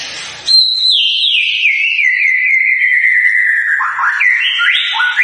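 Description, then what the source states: White-rumped shama song: one long, clear whistle that slowly falls in pitch, followed by short sliding whistled notes. Lure recording of a constantly singing (gacor) bird, intended to provoke an immediate response from other birds.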